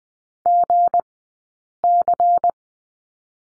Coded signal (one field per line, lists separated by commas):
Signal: Morse code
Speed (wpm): 20 wpm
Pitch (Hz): 700 Hz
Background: none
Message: GC